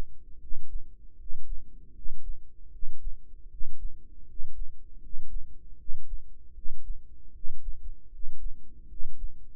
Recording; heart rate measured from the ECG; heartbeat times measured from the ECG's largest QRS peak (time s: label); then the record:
heart sounds by microphone in the right ear; 78 bpm
0.38 s: heartbeat
1.15 s: heartbeat
1.92 s: heartbeat
2.69 s: heartbeat
3.47 s: heartbeat
4.24 s: heartbeat
4.99 s: heartbeat
5.76 s: heartbeat
6.52 s: heartbeat
7.31 s: heartbeat
8.09 s: heartbeat
8.86 s: heartbeat
From the record:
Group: healthy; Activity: rest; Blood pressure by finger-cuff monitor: 111/78 mmHg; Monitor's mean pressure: 84 mmHg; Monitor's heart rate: 78 bpm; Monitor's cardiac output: 6.1 L/min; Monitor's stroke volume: 79 mL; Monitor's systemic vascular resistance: 1000 dyn s/cm5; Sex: male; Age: 35 years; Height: 180 cm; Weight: 86.9 kg